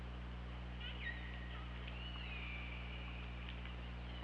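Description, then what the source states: Killer whale calls: several gliding tonal notes and one long drawn-out wavering call, over a steady low hum with scattered clicks. Underwater hydrophone at OrcaLab, 24 August 2017, about 21:10.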